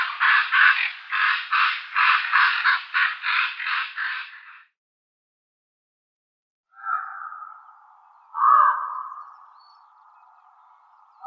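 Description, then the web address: Common raven producing a long run of harsh, grating rattling notes, then after a pause a few drawn-out hoarse calls, the last trailing off. "Schulze Peter Common Raven"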